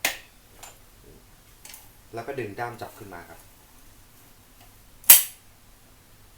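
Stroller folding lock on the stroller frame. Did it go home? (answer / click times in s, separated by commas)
yes / 5.1 s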